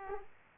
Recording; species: mosquito wingbeat signal from an infrared sensor; Aedes aegypti